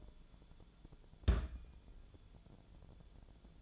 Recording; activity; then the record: daily activity, microphone in the room; place on stove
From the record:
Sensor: 5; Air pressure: 1010.1 hPa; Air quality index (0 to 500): 145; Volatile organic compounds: 3 ppm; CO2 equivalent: 1416 ppm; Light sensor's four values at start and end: 249/609/259/285 and 251/612/261/287